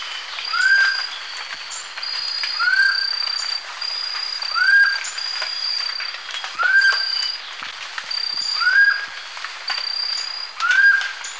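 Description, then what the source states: White-faced nunbird giving a soft, arched whistled note that rises then falls, repeated about every two seconds, over a steady high insect hum. Ecuador.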